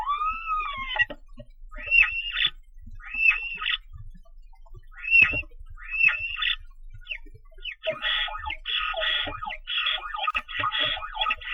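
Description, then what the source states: Starling singing a varied sequence of slurred whistles that rise and fall, short clicky phrases, then a dense burst of buzzy, scratchy chatter near the end. Ambience, recorded on 1 August 2009.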